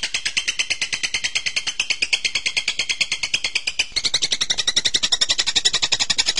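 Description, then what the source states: Bird singing a rapid, high-pitched pulsed chatter, the notes evenly repeated throughout, growing a little louder and higher in the second half. Bird-tutoring (masteran) training recording of birdsong.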